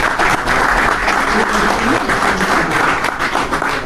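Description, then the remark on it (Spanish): An audience applauds steadily, a dense, even wash of many hands clapping at once that stays loud throughout the few seconds with no voices rising above it. “Recuerdo, sí, aplaudo también yo esta frase del doctor Bostecar.”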